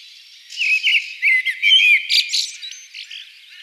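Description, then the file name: Common blackbird giving one rich warbled song phrase of fluting notes that climbs into a squeaky, chattering finish. "Turdus merula"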